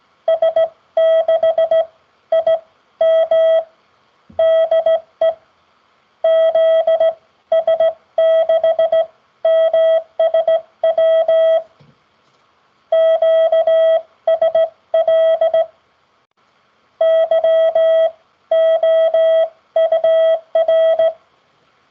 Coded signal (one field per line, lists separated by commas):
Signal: Morse code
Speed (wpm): 17 wpm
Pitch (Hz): 650 Hz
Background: none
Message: S6IM DE ZS6MSW QSL YOUR